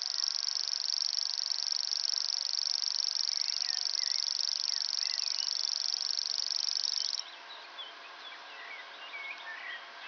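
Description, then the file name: Common grasshopper warbler giving a sustained high buzzing reel for about seven seconds, then stopping abruptly, leaving scattered chirps and whistles of other birds. Recorded at Ystad, Sweden, in 2011. "Gräshoppsångare - Locustella naevia-Ystad-Sweden"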